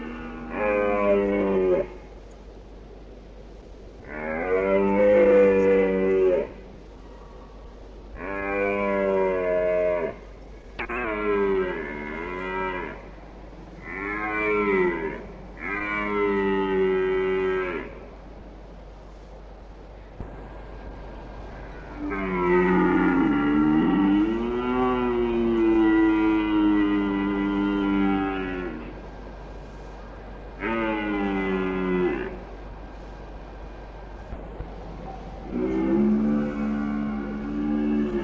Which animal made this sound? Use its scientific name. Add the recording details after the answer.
Cervus elaphus. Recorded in the wild. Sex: male. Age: adult. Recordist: Meyer, Hugo. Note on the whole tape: Hirschbrunft, am Anfang etwas Erdsingen, dann besser. Einzelne Hirsche, Brunft-Platz, Sprengruf. Ort und Datum unbekannt